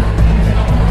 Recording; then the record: background sound without coughing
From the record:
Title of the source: Party Noise 1 Hour Party Ambience